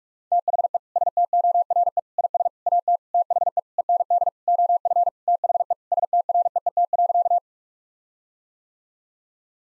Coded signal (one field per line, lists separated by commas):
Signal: Morse code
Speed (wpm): 42 wpm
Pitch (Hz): 700 Hz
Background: none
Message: THE STORE IS AT THE END OF THE STREET.